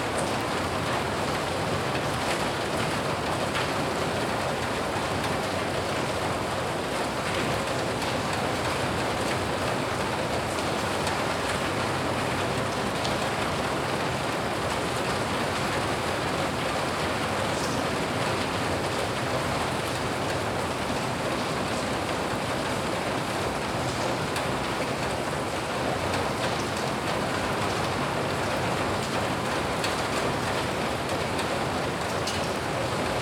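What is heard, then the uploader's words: Steady rain falls outside a home, a dense, even hiss that holds the same level for the whole stretch. Faint brighter ticks of drops hitting surfaces come through the wash, with a soft low rumble beneath, possibly traffic. Raining outside of home. Hsinchu, Taiwan.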